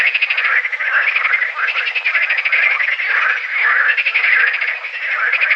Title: Sylvain Jaskowiak - Animus. Grenouilles vertes - Combrit, Finistère - juin 2010